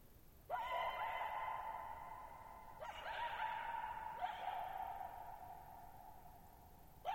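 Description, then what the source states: Coyote howling, a few sustained mid-pitched wails with abrupt starts at irregular intervals, another beginning at the very end, over a quiet background. Lone coyote at night, July 14, 2019, near Thirtymile Meadows, Okanogan National Forest (Okanogan High Country, Pacific Northwest), 6400 ft (1950 m); high dry plateau, shallow bowl-shaped meadow; vocalized nearly 50 minutes.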